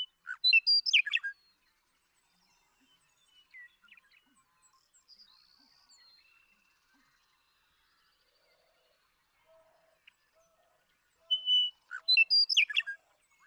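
Western meadowlark song heard twice, each a brief burst of loud, gurgling flute-like notes, with faint whistles and soft chatter between them.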